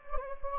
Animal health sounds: mosquito wingbeat signal from an infrared sensor; Anopheles gambiae

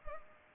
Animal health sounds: mosquito wingbeat signal from an infrared sensor; Culex pipiens

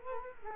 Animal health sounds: mosquito wingbeat signal from an infrared sensor; Culex quinquefasciatus

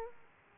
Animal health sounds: mosquito wingbeat signal from an infrared sensor; Aedes aegypti

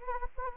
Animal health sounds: mosquito wingbeat signal from an infrared sensor; Anopheles arabiensis

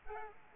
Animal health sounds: mosquito wingbeat signal from an infrared sensor; Aedes aegypti

